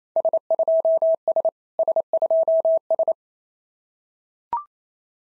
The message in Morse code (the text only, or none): S2S S2S